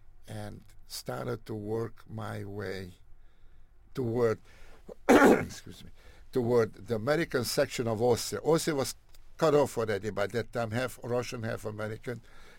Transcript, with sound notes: and started to work my way — to work -- [clears throat] to work the American section of Austria. Austria was cut off already by that time -- half Russian, half American.